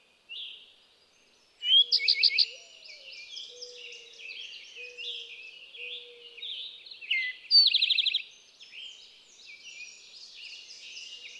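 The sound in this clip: Eastern towhee song with a few sharp notes and a fast trill, heard twice, over a steady wash of background chirping.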